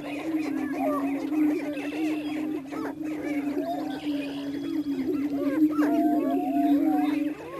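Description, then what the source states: Greater prairie chicken: low, steady booming drone from greater prairie chickens, with busy chattering cackles and short rising calls packed densely over it throughout. Recorded in Missouri.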